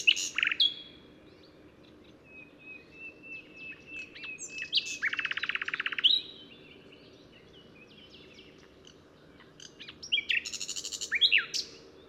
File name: Luscinia megarhynchos